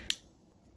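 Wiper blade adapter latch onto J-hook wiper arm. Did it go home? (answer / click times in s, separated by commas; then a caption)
yes / 0.1 s. The plastic latch cover on a Rain-X Latitude wiper blade adapter is flipped down over the metal J-hook wiper arm of a Hyundai Sonata and pressed until it snaps shut. A single sharp, bright click sounds at 0.1 s, followed by a quiet low background. The latch is seated on the arm.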